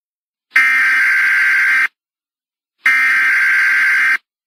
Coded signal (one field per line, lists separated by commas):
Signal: Emergency Alert System (SAME) tones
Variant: header bursts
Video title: EAS Scenario: The Fall of A Dictatorship | Part 4